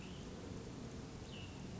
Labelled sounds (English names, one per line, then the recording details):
Cassin's Vireo
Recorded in Sonoma County, California